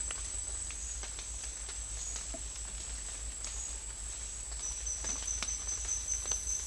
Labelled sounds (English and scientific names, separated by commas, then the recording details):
none
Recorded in secondary vegetation near Puerto Asís, Putumayo, Colombia, on 21 December 2024 at 11:30
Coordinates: 0.484, -76.319
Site GP06